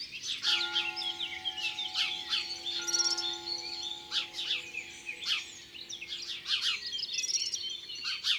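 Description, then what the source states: Sparrows chirping repeatedly and overlapping throughout, with a steady low tone humming beneath the calls. Sparrow calls, first of six garden-bird species in a recognition exercise.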